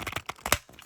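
The plastic hinge pins of a Polly Pocket "Planet Polly" toy compact's top half are pushed into its bottom half, with crinkly handling rustles and small sharp ticks. The pins click into the second side at 0.5 s, the loudest snap, and the joint is now secure.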